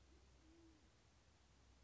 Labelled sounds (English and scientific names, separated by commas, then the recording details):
Band-tailed Pigeon (Patagioenas fasciata)
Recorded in Sonoma County, California